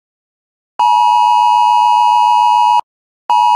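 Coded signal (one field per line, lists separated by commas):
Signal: Emergency Alert System (SAME) tones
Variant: 853 and 960 Hz attention tone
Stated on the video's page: Child abduction emergency alert.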